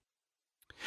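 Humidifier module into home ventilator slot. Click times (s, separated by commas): 0.6 s, 0.7 s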